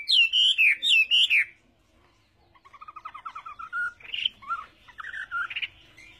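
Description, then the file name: Chinese hwamei song: loud, looping whistled notes repeated rapidly, then a pause, then softer quick trills and varied bright phrases. "Tieng hoa mi hot"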